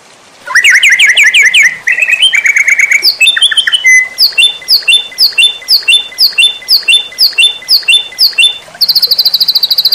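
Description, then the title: White-rumped shama song opening with a fast trill, then a long series of identical sharp downslurred chirps repeated about three times a second, ending in a high buzzy rattle. Training recording for cage birds. "MURAI BATU LABAIK"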